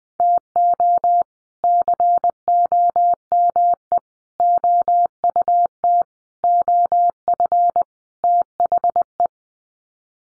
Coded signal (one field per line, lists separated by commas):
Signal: Morse code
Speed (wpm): 20 wpm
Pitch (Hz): 700 Hz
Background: none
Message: TO COME OUT OF THE